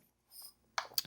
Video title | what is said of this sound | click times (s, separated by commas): NEEWER MS60B 65W COB Light Review — Tiny, Bright & Dims to 1% (Hands-On) | The benefits, that just clicks right in there. | 0.8 s